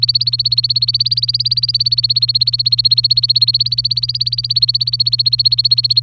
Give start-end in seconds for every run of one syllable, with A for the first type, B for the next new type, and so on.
0.00-6.00 A